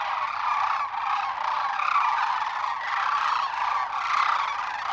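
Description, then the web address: Sandhill crane chorus, overlapping rolling bugles from many birds, continuous and dense with small swells of louder calling. "Dan Gibson Wildlife Identification By Sound, Western North America. Sandhill Crane"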